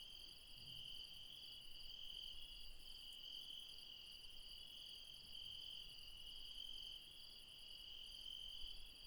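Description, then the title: Insect chorus of unbroken high-pitched trilling, layered with a quick pulsing shimmer on top; a faint low rumble sits beneath. Insects calling late at night in the mountains at Refuge Krevatia, Barbala, Dion, Greece. "Refuge Krevatia, Μπαρμπαλά, Dion 601 00, Greece - Late night mountain insects"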